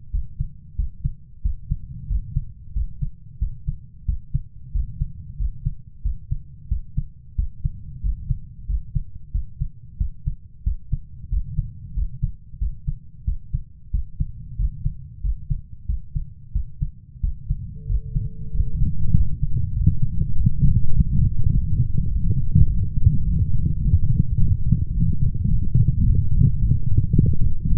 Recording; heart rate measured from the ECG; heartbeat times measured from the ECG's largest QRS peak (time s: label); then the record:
heart sounds by stethoscope; 96 bpm
0.13 s: heartbeat
0.78 s: heartbeat
1.45 s: heartbeat
2.10 s: heartbeat
2.76 s: heartbeat
3.41 s: heartbeat
4.08 s: heartbeat
4.75 s: heartbeat
5.40 s: heartbeat
6.05 s: heartbeat
6.71 s: heartbeat
7.38 s: heartbeat
8.04 s: heartbeat
8.69 s: heartbeat
9.34 s: heartbeat
10.00 s: heartbeat
10.66 s: heartbeat
11.32 s: heartbeat
11.97 s: heartbeat
12.61 s: heartbeat
13.27 s: heartbeat
13.94 s: heartbeat
14.59 s: heartbeat
15.24 s: heartbeat
15.89 s: heartbeat
16.55 s: heartbeat
17.23 s: heartbeat
17.89 s: heartbeat
18.54 s: heartbeat
19.16 s: heartbeat
19.76 s: heartbeat
20.36 s: heartbeat
20.95 s: heartbeat
21.53 s: heartbeat
22.11 s: heartbeat
22.70 s: heartbeat
23.27 s: heartbeat
23.84 s: heartbeat
24.40 s: heartbeat
24.96 s: heartbeat
25.51 s: heartbeat
26.06 s: heartbeat
26.61 s: heartbeat
27.15 s: heartbeat
27.70 s: heartbeat
From the record:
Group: healthy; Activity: rest 0-18 s, light exercise 18-28 s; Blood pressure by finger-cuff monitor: 144/70 mmHg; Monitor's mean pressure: 91 mmHg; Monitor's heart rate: 92 bpm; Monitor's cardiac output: 8.4 L/min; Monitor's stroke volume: 90 mL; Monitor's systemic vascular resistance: 790 dyn s/cm5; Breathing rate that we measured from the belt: 19 breaths a minute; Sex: male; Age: 21 years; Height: 175 cm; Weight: 72.6 kg